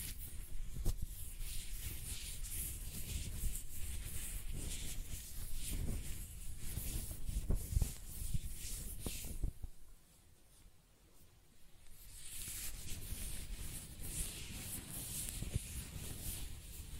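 Close-up hair sounds: scratchy, rustling strokes with a bright hiss up top and a low rumbling rub underneath. Brushing and stroking run fairly steadily with a few sharper clicks, then drop to near quiet around ten seconds before resuming more softly.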